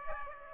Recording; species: mosquito wingbeat signal from an infrared sensor; Aedes aegypti